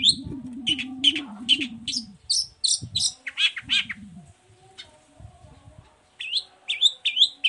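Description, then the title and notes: Long-tailed shrike song: bursts of sharp, high chattering notes in quick runs with pauses, over a low rumbling hum in the first seconds. Cendet in morning song with varied 'toet toet' phrases, used as a lure to provoke other long-tailed shrikes into answering. "Langsung NYAUTTTTT ! Cendet Gacor Dor Di Kala Pagi Toet Toet Variasi Suara. Pancingan Emosi Cendet Gacor Full Variasi Toet Toet Bikin Nyaut Cendet Lain Langsung Ikutan Bunyi. Burung cendet"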